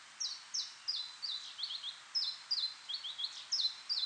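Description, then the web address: Common chiffchaff song: quick, downslurred high notes repeated about three times a second. Turku, Finland; 6 July 2007, 06:05 in the morning. "hlehto. phycol 20070706 0605 turku"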